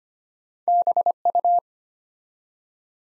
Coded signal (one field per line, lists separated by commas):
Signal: Morse code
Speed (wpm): 25 wpm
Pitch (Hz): 700 Hz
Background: none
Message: BU